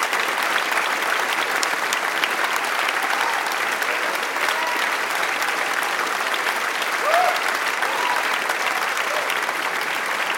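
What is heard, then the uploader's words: A crowd laughs amid a dense, steady wash of clapping that holds at an even level for the full ten seconds, bright and crisp. Around the seventh and eighth seconds a couple of short rising voice sounds poke through the noise. Laughter Sounds.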